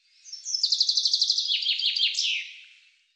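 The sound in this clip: Bird song opening with a rapid series of high notes, followed by falling slurred notes and an emphatic closing phrase; nothing else audible.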